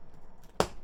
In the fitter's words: That's it. Hear a click.